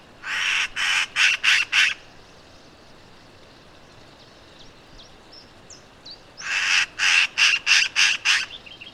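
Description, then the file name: Eurasian magpie rattling chatter: a rapid series of five harsh notes, a pause, then another fast run of about six grating calls. "Pica pica"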